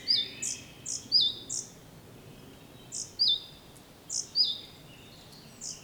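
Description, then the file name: Great tit calling in bursts, each a high clipped note joined to a curling falling whistle, with a pause midway before resuming. "Parus major"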